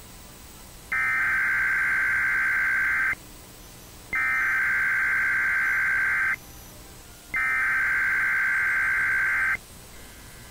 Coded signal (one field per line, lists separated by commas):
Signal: Emergency Alert System (SAME) tones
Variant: header bursts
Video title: EAS 1534: Texas Amber Alert